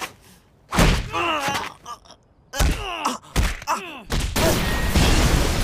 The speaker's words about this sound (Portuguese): Olha, a porta se abriu! Não entendi, ela estava tão bem selada.